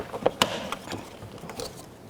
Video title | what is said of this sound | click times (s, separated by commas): How To Replace Grille 2006-2012 Toyota Rav4 | and then it's going to snap right in | 0.3 s, 0.4 s